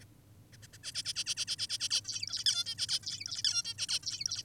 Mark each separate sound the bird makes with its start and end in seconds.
0.02-0.05, 0.52-0.57, 0.63-0.68, 0.73-0.78, 0.83-0.92, 0.95-1.03, 1.05-1.14, 1.16-1.24, 1.26-1.35, 1.37-1.45, 1.48-1.56, 1.59-1.67, 1.70-1.78, 1.80-1.89, 1.90-2.01, 2.05-2.44, 2.46-2.64, 2.66-2.75, 2.78-2.86, 2.89-3.00, 3.03-3.42, 3.44-3.63, 3.65-3.74, 3.78-3.87, 3.89-4.00, 4.03-4.42